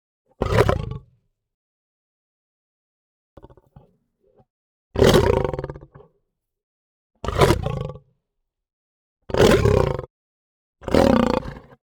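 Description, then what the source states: Lion snarling: five harsh, gravelly bursts, each about a second or less, with a softer brief rasp between the first and second. Short, aggressive snarl.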